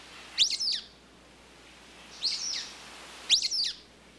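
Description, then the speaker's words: Sulphur-bellied Flycatcher giving three high, squeaky calls with quick sharp inflections, spaced about a second or more apart over a quiet background hiss. Squeaky calls, heard in canyons that are also home to the elegant trogon. "Listen for the squeaky calls of the sulfur-bellied flycatchers."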